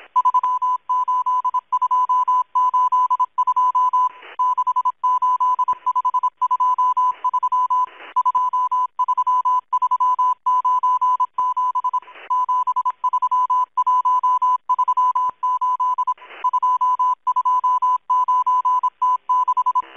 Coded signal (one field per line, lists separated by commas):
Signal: Morse code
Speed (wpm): 26 wpm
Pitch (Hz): 1000 Hz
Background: none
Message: 38282 68523 23397 73138 229T6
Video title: Russian, Morse code, spy numbers station ENIGMA ID M12, 11144 kHz, 24 June, 2023, 2100 UTC